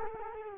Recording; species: mosquito wingbeat signal from an infrared sensor; Culex quinquefasciatus